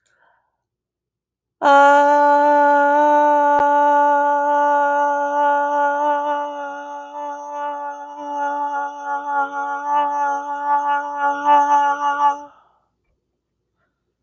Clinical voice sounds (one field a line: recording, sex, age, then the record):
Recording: vowel held as long as possible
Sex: female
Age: 40 to 49 years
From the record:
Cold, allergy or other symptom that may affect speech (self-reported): no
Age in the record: 40 years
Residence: North Carolina, United States